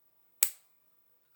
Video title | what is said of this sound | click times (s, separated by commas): DIY WATCH CLUB - Start to Finish as a first time builder! | And you should hear click like so. | 0.4 s